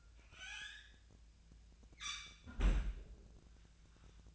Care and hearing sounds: daily activity, microphone in the room; close fridge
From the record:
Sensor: 2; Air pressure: 1009.5 hPa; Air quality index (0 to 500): 185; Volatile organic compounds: 11 ppm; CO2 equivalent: 2310 ppm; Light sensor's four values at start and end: 23/55/24/26 and 23/57/24/26

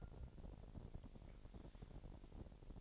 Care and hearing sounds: daily activity, microphone in the room; take from stove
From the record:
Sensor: 5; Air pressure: 1012.1 hPa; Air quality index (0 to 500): 235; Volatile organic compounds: 4 ppm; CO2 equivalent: 1560 ppm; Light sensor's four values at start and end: 50/112/49/53 and 51/116/50/54

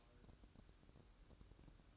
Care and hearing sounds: daily activity, microphone in the room; light off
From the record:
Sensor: 2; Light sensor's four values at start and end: 13/36/15/14 and 9/20/8/9

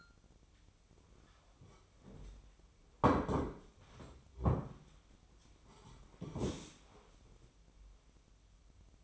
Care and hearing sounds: daily activity, microphone in the room; sit down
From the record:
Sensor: 1

